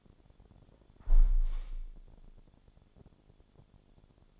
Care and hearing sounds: daily activity, microphone in the room; close window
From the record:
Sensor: 5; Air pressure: 1000.6 hPa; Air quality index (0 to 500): 155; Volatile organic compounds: 2 ppm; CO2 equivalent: 1184 ppm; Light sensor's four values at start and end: 39/93/39/42 and 39/92/38/41

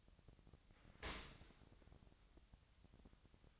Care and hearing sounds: daily activity, microphone in the room; open dishwasher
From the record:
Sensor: 3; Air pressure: 1003.1 hPa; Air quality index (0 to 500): 199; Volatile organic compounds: 6 ppm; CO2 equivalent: 1940 ppm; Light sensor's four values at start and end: 34/83/36/38 and 34/83/36/38

